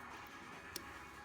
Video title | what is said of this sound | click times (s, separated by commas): Samsung Gear 360 Camera - Real Life Review - UK | that's it as easy as that clicks | 0.8 s